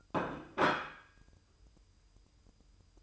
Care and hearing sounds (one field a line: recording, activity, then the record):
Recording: daily activity, microphone in the room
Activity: place plate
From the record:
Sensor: 2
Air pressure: 988.5 hPa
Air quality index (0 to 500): 193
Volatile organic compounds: 194 ppm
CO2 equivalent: 4194 ppm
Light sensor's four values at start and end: 19/65/25/24 and 19/65/25/24